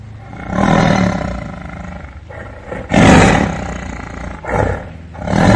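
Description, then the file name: Tiger roars: a long, deep roar, then a louder one near three seconds, followed by shorter roars. "Tieng ho gam"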